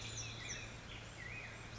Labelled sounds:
Black-headed Grosbeak
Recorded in Sonoma County, California

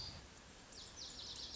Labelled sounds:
Lazuli Bunting
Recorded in Sonoma County, California

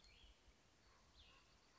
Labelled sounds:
Cassin's Vireo
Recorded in Sonoma County, California

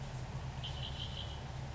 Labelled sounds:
Red-winged Blackbird
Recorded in Sonoma County, California

